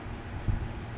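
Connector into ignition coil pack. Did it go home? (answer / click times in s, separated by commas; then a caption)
no / none. An electrical connector is being handled as it is plugged onto an ignition coil pack on a big-turbo IS300. A steady low broadband hum runs throughout, with a brief low-frequency thump around 0.5 s. Nothing has seated or clicked yet.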